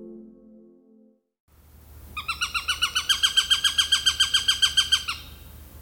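Eurasian sparrowhawk giving a fast, even series of many sharp, harsh kek notes.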